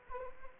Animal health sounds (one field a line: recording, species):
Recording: mosquito wingbeat signal from an infrared sensor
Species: Anopheles arabiensis